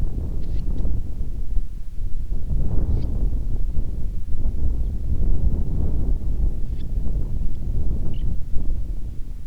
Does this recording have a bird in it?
yes